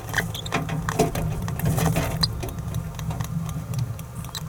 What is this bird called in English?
Green-rumped Parrotlet